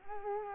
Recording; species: mosquito wingbeat signal from an infrared sensor; Culex quinquefasciatus